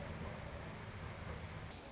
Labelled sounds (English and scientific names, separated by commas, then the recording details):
Orange-crowned Warbler (Leiothlypis celata)
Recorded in Sonoma County, California